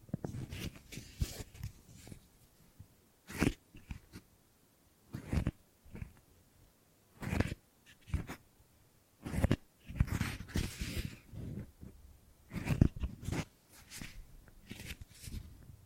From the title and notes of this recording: ASMR Brain Tingly Gripping and Grabbing Sounds for Sleep (No Talking).